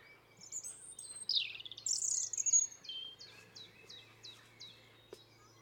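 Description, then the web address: European robin warbling song phrase, followed by a rapid series of short descending notes repeated about twice a second, with light background hiss. "SETE data Erithacus rubecula"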